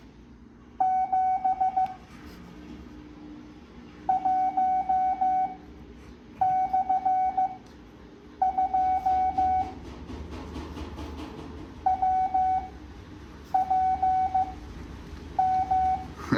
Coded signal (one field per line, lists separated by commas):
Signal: Morse code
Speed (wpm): 15 wpm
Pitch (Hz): 750 Hz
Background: none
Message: 7 1/2 WPM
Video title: Morse code practice at 7.5 words a minute